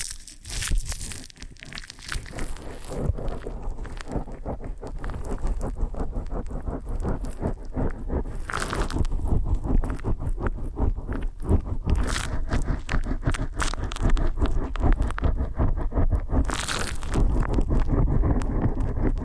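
Close, dense scraping and rubbing of an ear and scalp massage and cleaning, made of rapid crackly strokes that run continuously. Brighter hissy sweeps stand out around 1, 8.5, 12 and 16.5 seconds, and the sound grows slightly louder and busier after the first few seconds.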